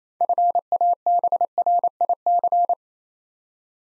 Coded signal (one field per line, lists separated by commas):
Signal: Morse code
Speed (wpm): 27 wpm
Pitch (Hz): 700 Hz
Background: none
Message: FABRIC